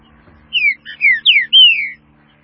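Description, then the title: Green-winged saltator song phrase: four or five clear, slurred whistles, each sliding downward, delivered in quick succession over a faint low hum. "Trinca Ferro"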